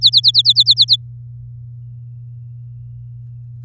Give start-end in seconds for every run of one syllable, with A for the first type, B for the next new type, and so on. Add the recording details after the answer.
0.01-0.96 A. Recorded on 8 May 2018 at 05:35. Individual llb16